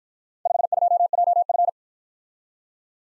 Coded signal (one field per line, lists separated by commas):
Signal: Morse code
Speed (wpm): 51 wpm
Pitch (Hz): 700 Hz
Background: none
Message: 52JF